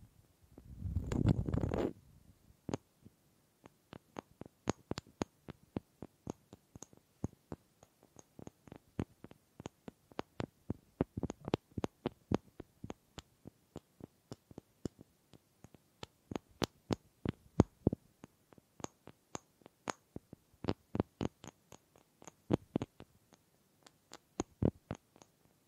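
Wooden triggers: sharp, dry taps and clicks on wood, coming in irregular bursts and clusters across the whole clip with short quiet gaps between. It opens with a brief, louder low rumble lasting about a second before the tapping takes over.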